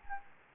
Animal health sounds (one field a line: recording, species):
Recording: mosquito wingbeat signal from an infrared sensor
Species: Anopheles gambiae